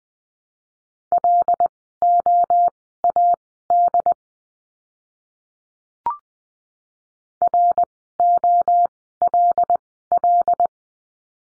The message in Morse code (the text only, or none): LOAD ROLL